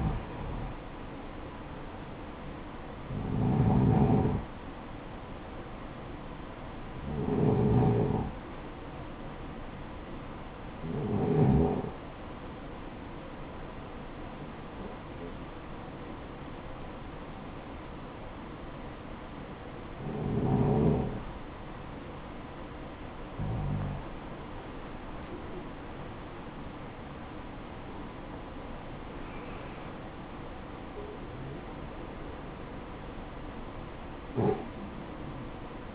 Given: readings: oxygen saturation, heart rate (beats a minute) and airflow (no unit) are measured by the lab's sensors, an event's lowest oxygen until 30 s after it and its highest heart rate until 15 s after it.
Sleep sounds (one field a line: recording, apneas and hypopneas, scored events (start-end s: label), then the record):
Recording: breathing in sleep by a voice recorder at the bedside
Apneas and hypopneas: none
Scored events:
none scored
From the record:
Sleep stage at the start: REM sleep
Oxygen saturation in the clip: 86 to 94%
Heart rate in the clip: 57 to 78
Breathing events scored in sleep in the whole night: 573 in 9.8 hours asleep